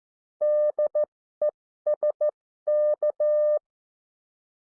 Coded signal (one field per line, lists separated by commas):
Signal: Morse code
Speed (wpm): 14 wpm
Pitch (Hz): 600 Hz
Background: none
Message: DESK